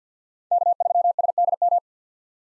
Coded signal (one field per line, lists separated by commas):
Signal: Morse code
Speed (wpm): 50 wpm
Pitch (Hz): 700 Hz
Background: none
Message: K3SDM